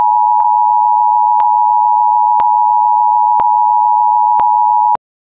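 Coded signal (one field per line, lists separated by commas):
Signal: Emergency Alert System (SAME) tones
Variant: 853 and 960 Hz attention tone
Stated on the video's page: Recreation based on an actual severe thunderstorm warning.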